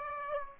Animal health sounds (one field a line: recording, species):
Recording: mosquito wingbeat signal from an infrared sensor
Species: Aedes aegypti